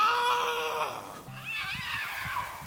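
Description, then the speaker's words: Canada lynx giving a harsh, drawn-out screaming wail with a falling tone, followed by a second rougher, strained yowl. One example among the many different calls Canada lynx make. "While they make a myriad of calls, here's one example of a Canada lynx."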